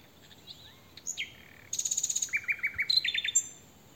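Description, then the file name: Common nightingale singing: sharp high notes, then a rapid metallic rattle and a run of loud repeated chirping notes, ending in quick high whistles. "Luscinia megarhynchos"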